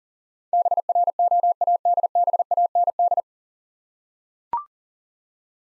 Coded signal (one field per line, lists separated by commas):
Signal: Morse code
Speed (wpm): 37 wpm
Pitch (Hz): 700 Hz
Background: none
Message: BROADBAND